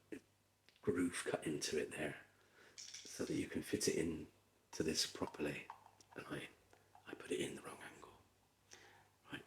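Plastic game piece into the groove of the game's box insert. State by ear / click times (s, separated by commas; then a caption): seated / 9.3 s. A plastic piece of a Yahtzee dice game is pressed into a groove in the game's box insert after first being tried at the wrong angle, while someone talks softly. A few faint clicks sound during the clip, and then the piece seats into the groove with a small click at 9.3 s so it fits properly.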